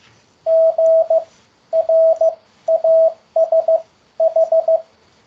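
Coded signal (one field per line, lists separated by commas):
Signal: Morse code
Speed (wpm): 15 wpm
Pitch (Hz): 650 Hz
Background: radio noise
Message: GRASH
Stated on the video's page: Morse word practice for beginners on the ZS-CW Beginner's Corner.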